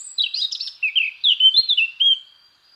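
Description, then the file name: Eurasian blackcap song, a brief clear run of fluty whistled notes, some sliding down, ending in a soft fade. "Sylvia atricapilla"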